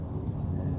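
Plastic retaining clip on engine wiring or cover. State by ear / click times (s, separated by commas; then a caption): not seated / none. A plastic retaining clip on the engine wiring or cover of a 2011–2014 Jeep Grand Cherokee is handled during a coil pack replacement. Only a steady low rumble is heard, with no sharp transient. Nothing has seated or clicked yet.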